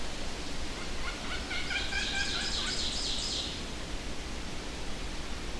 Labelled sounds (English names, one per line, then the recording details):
Ovenbird song
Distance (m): 35 m
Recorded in boreal forest in Alberta, Canada, on 25 June 2016 at 07:40
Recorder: SongMeter 3, array SBT-6-76
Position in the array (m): 8 m, 116 m
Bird 2